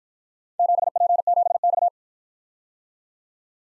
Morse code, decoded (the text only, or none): 7P7X